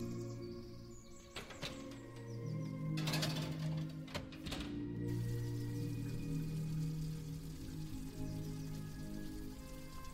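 A kitchen ambience with old-time music playing underneath, steady low tones and a held melody running throughout. Short clattering and sizzling bursts come around the first, third and fifth seconds, likely cooking sounds, over a constant soft hiss.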